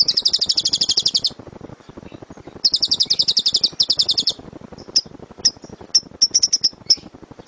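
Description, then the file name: Lovebird song: rapid high rattling trills in a few bursts, followed by scattered sharp single chirps. Lovebird named Dora, owned by JNJ. "lovebird dora milik jnj omkicau"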